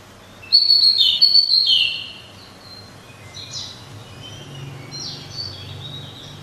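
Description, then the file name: Pied bushchat song: one loud, rapid whistled phrase with jumping notes, followed by a few quieter warbled fragments over a steady low hum. "suara kicauan burung decu. omkicau"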